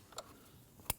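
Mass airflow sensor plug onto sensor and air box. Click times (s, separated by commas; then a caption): 0.9 s. A mass airflow sensor plug is clipped into the sensor on a 2012–2016 Honda CR-V 2.4L L4, and its holder is clipped onto the plastic air box. Faint ticks are heard near 0.1–0.2 s, then a sharp, bright click at 0.9 s as the connector seats and locks in place.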